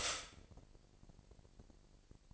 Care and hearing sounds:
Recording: daily activity, microphone in the room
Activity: stop toaster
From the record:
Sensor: 5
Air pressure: 1007.2 hPa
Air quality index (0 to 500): 131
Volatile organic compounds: 2 ppm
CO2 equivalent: 991 ppm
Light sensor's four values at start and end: 25/57/23/23 and 25/57/23/23

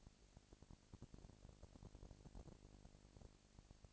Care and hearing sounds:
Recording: daily activity, microphone in the room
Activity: no activity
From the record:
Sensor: 5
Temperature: 20.1 degrees Celsius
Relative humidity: 38.2%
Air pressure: 998.9 hPa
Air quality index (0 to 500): 218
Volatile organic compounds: 24 ppm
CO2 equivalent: 2805 ppm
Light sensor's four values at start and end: 2/3/1/1 and 2/3/1/1

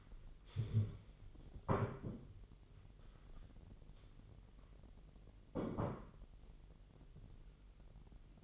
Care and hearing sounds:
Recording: daily activity, microphone in the room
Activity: stand up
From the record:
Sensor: 4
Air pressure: 999.3 hPa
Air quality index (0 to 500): 114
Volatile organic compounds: 2 ppm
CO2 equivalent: 1124 ppm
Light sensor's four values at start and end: 12/30/12/13 and 12/29/12/13

